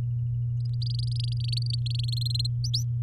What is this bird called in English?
Domestic Canary